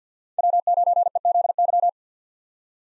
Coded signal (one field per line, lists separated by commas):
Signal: Morse code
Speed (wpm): 48 wpm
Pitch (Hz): 700 Hz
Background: none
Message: W9EZY